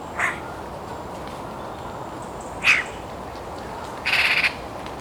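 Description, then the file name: Eurasian magpie uttering two single harsh notes, then a quick dry rattle near the end. "Pica pica"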